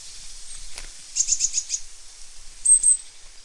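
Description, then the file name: Great tit calls: a quick run of five thin, very high notes, then two sharper high notes a second later, over faint background hiss. "Parus major"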